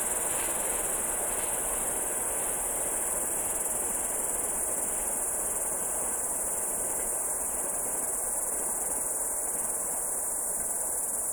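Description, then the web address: Crickets keep up a continuous high-pitched trill over background noise. The recordist's own crickets. "sounds my crikets"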